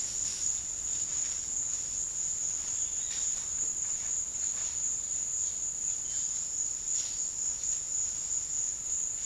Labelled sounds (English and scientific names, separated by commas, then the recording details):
none
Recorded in dense forest near Puerto Asís, Putumayo, Colombia, on 8 March 2025 at 16:00
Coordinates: 0.484, -76.325
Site G045